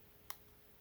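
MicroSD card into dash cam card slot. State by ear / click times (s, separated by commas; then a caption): seated / 0.3 s. A microSD memory card is pushed all the way into the spring-loaded card slot of a 70mai Dash Cam Lite until it latches. A single sharp, bright click sounds at 0.3 s over a quiet background with a faint steady hum. The card is seated.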